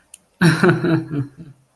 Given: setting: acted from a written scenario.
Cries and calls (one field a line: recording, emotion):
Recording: vocal sound without words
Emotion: adoration